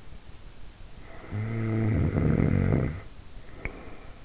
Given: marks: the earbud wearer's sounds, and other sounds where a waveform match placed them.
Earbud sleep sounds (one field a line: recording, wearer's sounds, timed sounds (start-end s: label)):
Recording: sounds in sleep by an in-ear microphone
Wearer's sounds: snoring breath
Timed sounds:
1.01-4.16 s: snoring breath